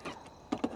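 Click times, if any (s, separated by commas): none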